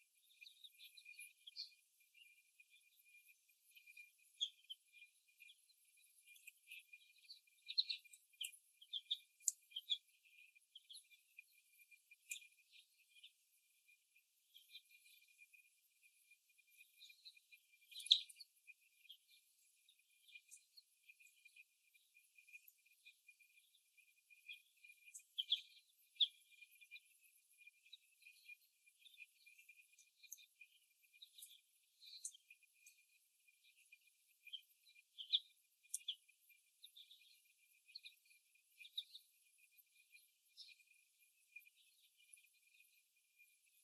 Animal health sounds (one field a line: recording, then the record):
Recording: young laying hens in a cage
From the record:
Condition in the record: after the stressor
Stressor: simulated dog barking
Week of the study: 1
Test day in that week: 1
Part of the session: 4